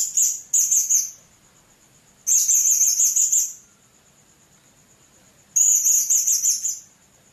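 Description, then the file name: Blue-crowned hanging parrot giving shrill, grating high chatter in several bursts, against a constant whining background tone. "serindit"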